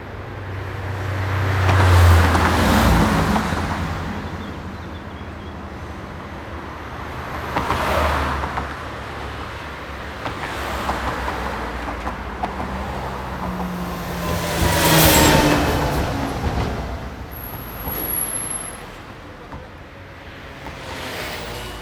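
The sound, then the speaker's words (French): Steady east-west road traffic on the boulevards axis rumbles along on the Pont de Catane bridge, recorded just above the Drac river, with several cars swelling past one after another in broad whooshing waves over a constant low hum, and a brief high squeal near the end. “Sur le pont de Catane, enregistré juste au-dessus du Drac, voici le flux dans le sens est-ouest, l'axe des boulevards.”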